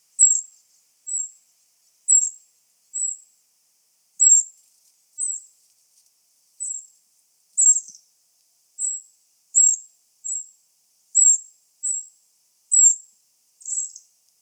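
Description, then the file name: Eurasian wren giving repeated high, clipped call notes, around fifteen over the stretch, spaced about a second apart, in a quiet background. "Troglodytes troglodytes"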